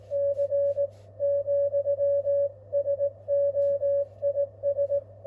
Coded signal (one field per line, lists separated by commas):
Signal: Morse code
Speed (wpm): 17 wpm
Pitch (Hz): 560 Hz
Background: none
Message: C , SOIS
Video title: Qso avec Peter , sm0rrx. (Key cw g4zpy renovation)